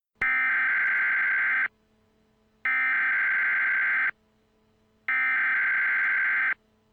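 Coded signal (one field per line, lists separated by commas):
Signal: Emergency Alert System (SAME) tones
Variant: header bursts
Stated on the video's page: Simulated EAS scenario about a Hudson River Valley flood, a fictional recreation rather than a real alert.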